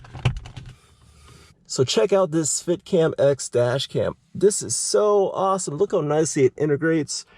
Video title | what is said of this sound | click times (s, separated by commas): Stealth Dash Cam Review (for Mercedes & Porsche by Fitcamx) | and this should just snap right in place. | 0.3 s